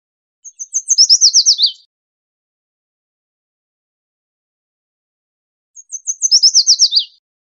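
Yellow warbler singing two bright, high phrases several seconds apart, each a run of sweet thin notes speeding into a quick descending flourish, with silence between.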